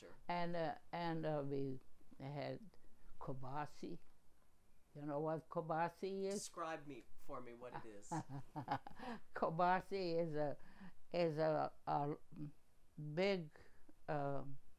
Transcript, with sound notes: And ah, and ah, we had kobasi. You know what kobasi is?
Describe me, for me what it is?
(laughing) Kobasi is a, is a, ah big ah,